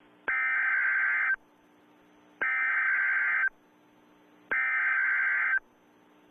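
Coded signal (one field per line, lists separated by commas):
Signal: Emergency Alert System (SAME) tones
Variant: header bursts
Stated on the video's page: Flood Advisory alert.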